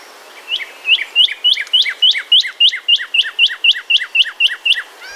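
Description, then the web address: Cardinal gives a long string of sharp, downward-sliding whistles in quick succession, cut off by a brief thump at the end. "bird cardinal"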